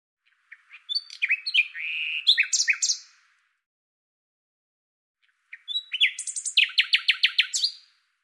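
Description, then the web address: Common nightingale singing two varied phrases separated by about two seconds of silence. Chirps and slurred notes build into rapid repeated, sharp notes. "Deverinetal 2025"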